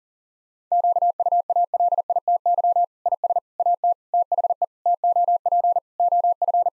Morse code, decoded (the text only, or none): QUALITY IS AT THE TOP OF